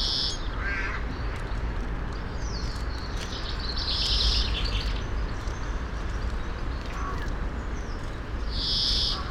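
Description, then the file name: European greenfinch giving three long nasal wheezes, at the start, middle and end, with a few short chirps and constant low rumble. "Chloris chloris"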